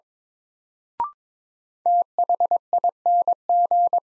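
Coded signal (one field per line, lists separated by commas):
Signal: Morse code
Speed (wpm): 22 wpm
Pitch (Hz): 700 Hz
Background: none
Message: THING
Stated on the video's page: Morse new-word head-copy drill at 22 wpm; each word is sent, then spoken, then sent again.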